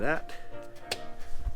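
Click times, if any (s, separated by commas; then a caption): 0.9 s. On a 2018 Lexus LC500, during front bumper removal, the center of a plastic push clip in an engine compartment trim cover is pressed in. It clicks sharply at 0.9 seconds and the clip releases. Someone talks around it.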